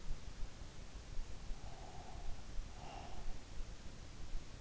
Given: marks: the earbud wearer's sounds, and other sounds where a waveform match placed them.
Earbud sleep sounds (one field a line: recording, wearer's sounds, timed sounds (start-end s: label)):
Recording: sounds in sleep by an in-ear microphone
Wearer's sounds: breath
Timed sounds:
1.48-3.70 s: breath